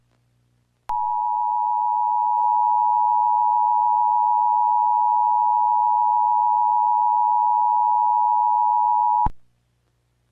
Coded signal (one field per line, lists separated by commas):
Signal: Emergency Alert System (SAME) tones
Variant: 853 and 960 Hz attention tone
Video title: EAS Mock: me when I hort (4/12/14, New AU)